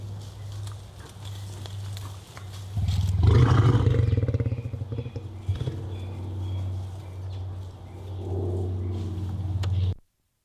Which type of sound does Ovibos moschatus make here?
rut call